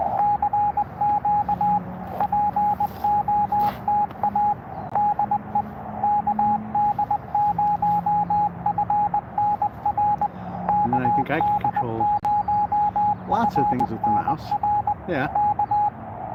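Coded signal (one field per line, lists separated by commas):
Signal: Morse code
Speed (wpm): 20 wpm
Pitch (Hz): 830 Hz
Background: speech, radio noise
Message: CQ POTA DE KD0FNR KD0FNR K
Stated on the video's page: Morse from a park activation completed in under 45 minutes.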